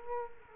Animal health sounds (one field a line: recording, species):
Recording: mosquito wingbeat signal from an infrared sensor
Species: Culex quinquefasciatus